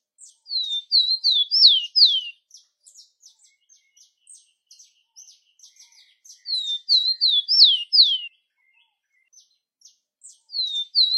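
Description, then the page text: Rufous-collared sparrow giving its song twice and starting a third time, each a string of loud slurred descending whistles, with soft high ticking notes between. "TICO TICO (Zonotrichia Capensis)"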